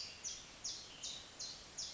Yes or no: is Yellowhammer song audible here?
no